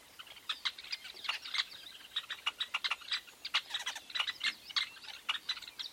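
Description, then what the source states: Weavers chirp steadily, with rapid sharp notes in uneven bursts and several birds calling together in a lively chorus. Recorded at a large weaver nest in Etosha National Park, Namibia.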